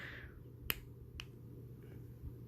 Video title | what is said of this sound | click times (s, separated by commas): Affordable Pen Haul, Trial, and Review! | It takes quite a bit of force, and you'll hear a loud click when it really does puncture. | 0.7 s